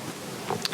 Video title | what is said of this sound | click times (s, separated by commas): Janome AirThread 2000D Lesson - Threading | and it has a little click where it clicks right back into place okay so | 0.6 s